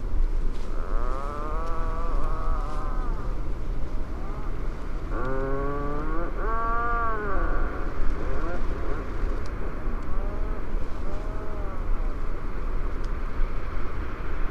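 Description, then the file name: Atlantic puffin calls: a series of long, moaning, harmonic groans that rise and fall, repeated throughout against heavy low rushing noise. "Lunnefagel"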